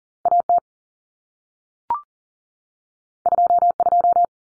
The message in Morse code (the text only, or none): AT 22